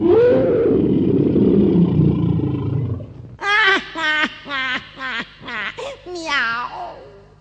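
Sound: lion roaring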